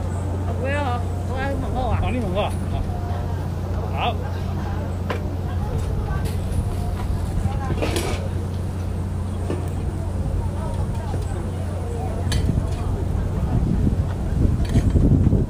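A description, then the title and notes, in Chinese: Chatter at a stall outside the library during a lawn music festival: overlapping voices run throughout, with clearer speech in the first few seconds. A steady low hum sits underneath, and sharp clatters break through around eight and twelve seconds, growing busier near the end. 草地音樂節圖書館外攤位。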